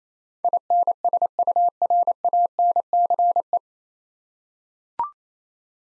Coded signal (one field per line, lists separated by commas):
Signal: Morse code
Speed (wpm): 28 wpm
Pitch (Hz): 700 Hz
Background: none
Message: INSURANCE